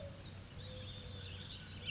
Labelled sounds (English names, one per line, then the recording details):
Mourning Dove
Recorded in Sonoma County, California